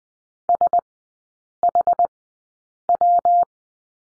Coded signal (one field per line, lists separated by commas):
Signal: Morse code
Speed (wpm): 20 wpm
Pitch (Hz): 700 Hz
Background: none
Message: SHW